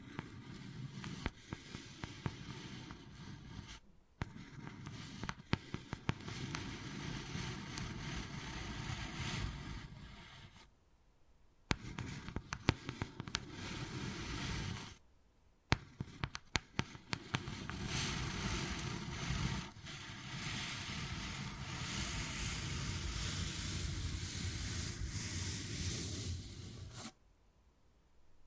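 Wood carving: dense, rough scraping strokes run in long stretches with sharp taps and cracks, broken by brief silent pauses near 4, 11, 15 and 27 seconds.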